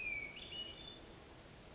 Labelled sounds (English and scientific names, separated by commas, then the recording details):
Hermit Thrush (Catharus guttatus)
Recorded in Sonoma County, California